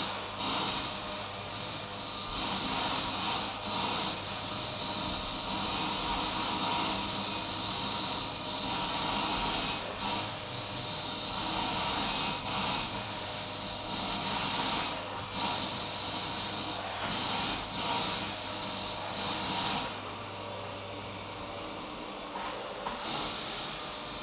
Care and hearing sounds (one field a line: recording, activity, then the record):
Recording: daily activity, microphone in the room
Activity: vacuum cleaning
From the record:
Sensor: 1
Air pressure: 991.8 hPa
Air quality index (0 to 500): 184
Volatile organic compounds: 1000 ppm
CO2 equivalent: 7039 ppm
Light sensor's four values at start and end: 27/93/36/36 and 27/93/36/36